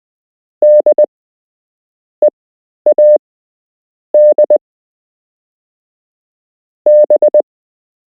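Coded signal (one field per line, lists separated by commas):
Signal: Morse code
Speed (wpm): 20 wpm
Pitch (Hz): 600 Hz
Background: none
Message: DEAD B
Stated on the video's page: Beginner Morse code lesson with real Morse code to learn, part 1 of 8.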